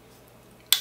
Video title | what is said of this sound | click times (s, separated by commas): Best Budget Lightweight Travel Tripod Review | the legs lock so we'll lock it at the highest setting | 0.7 s